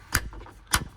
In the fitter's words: Boom. Locked in.